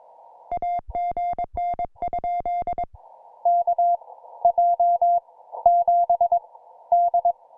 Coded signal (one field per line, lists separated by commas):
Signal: Morse code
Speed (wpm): 22 wpm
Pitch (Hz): 700 Hz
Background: music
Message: AGN? KJ7D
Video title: Introducing the CFT1 Compact Portable QRP CW Field Transceiver #hamradio